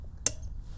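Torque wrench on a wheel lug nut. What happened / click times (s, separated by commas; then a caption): The torque wrench clicked at its set torque / 0.3 s. A split beam torque wrench is pushed down on a vehicle's wheel lug nut until it clicks at the set torque. A single sharp, bright click is heard at 0.3 s over a low background hum, confirming the lug nut has reached the set torque.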